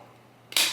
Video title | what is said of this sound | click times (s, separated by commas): Mounjaro 5mg - Week 17 in the book! - I made it to goal weight...what now? | there's one click | 0.6 s